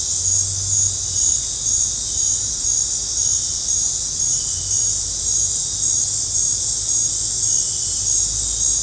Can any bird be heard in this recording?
no